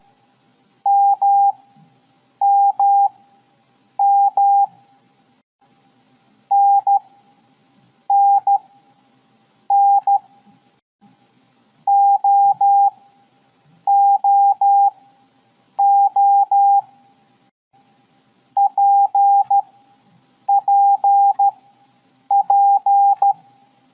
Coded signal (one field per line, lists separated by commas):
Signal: Morse code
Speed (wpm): 13 wpm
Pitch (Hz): 800 Hz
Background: none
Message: MMM NNN OOO PPP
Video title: 1. LEARN MORSE CODE with FUN (2025 Update)!